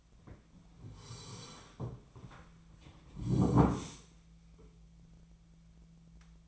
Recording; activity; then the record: daily activity, microphone in the room; sit down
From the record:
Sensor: 1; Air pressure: 1008.0 hPa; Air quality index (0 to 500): 191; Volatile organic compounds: 17 ppm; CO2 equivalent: 2589 ppm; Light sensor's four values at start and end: 13/33/13/15 and 13/33/13/15